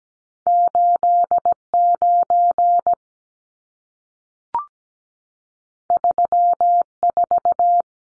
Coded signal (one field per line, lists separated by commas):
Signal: Morse code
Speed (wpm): 17 wpm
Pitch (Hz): 700 Hz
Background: none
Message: 89 34